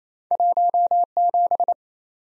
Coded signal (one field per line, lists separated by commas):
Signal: Morse code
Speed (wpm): 27 wpm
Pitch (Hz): 700 Hz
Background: none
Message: 17